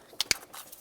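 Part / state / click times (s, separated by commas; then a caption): wiring harness connector onto EGR valve / seated / 0.2 s, 0.3 s. A plastic wiring harness electrical connector is lined up and pressed onto the EGR valve of a 2005-2010 Dodge Dakota, then its red locking tab is pushed in. Two sharp plastic snaps are heard at 0.2 s and 0.3 s, over quiet background. The connector is seated and locked.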